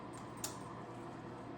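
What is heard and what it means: A steel snap ring is pinched and pressed into the groove of a fork tube on a 1975 Honda XL125 motorcycle. A single short, sharp click sounds at 0.4 s over a low steady background. The snap ring seats in its groove.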